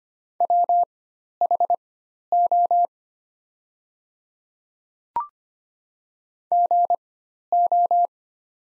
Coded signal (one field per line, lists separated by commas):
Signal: Morse code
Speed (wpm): 25 wpm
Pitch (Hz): 700 Hz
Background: none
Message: WHO GO